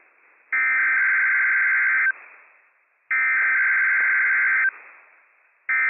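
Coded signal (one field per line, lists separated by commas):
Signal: Emergency Alert System (SAME) tones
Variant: header bursts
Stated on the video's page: Operational Required Weekly Test tones issued by the National Weather Service, carried on a NOAA weather radio station.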